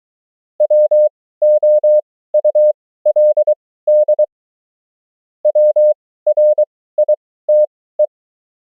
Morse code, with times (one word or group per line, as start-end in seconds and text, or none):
0.6-4.2 WOULD
5.5-8.1 WRITE